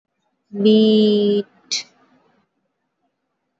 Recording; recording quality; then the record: sustained vowel as in beet; excellent, no background noise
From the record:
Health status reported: healthy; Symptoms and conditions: none ticked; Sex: female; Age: 20 years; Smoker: not ticked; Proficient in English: yes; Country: India